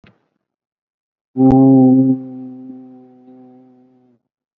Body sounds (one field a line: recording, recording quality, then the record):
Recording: sustained vowel as in boot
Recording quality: excellent, no background noise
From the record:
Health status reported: COVID-19 positive, mild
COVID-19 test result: positive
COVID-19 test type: RT-PCR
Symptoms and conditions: fever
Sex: male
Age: 34 years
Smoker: no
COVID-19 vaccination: one dose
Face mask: not worn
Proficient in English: no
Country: India